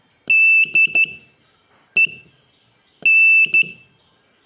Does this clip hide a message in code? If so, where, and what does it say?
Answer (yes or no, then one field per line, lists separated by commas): yes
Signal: Morse code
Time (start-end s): 0.3-3.6 s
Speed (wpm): 12 wpm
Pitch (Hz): 2650 Hz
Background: none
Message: DEN